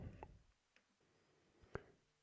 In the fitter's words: press up on the arms and click into place